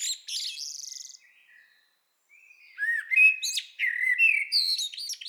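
Common blackbird song: a high chattering phrase, a pause, then varied fluting whistled notes mixed with squeaky twitters.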